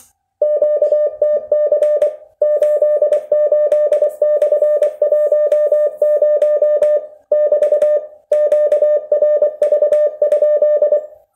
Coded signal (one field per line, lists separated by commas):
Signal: Morse code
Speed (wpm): 24 wpm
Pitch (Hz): 600 Hz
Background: none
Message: QTC 88/10 <BT> QRV?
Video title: LCWO.NET TREINAMENTO DE QTC